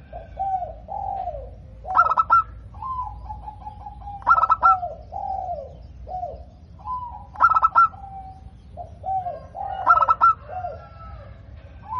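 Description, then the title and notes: Zebra dove cooing song: bursts of rapid, clipped pulsed notes repeated every few seconds, with softer, lower drawn-out coos between them. Local perkutut, described as gacor (singing frequently) with a loud, clear 'crystal' voice. "PERKUTUT LOKAL GACOR Suara KRISTAL LANTANG. Kicau Burung Perkutut"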